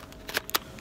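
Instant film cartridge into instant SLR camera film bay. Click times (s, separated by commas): 0.6 s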